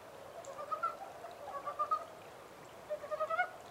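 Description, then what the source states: Japanese mountain brown frog croaks in three short pulse bursts of a few quick clucking notes each, the last the strongest. Recorded 14 April 2010 at 03:17.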